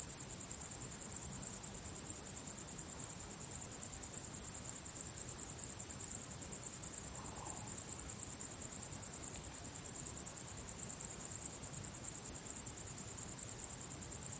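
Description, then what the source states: Cricket chorus of steady, high, rapidly repeated pulses that form an unbroken shimmering trill throughout. Crickets chirping at sunset.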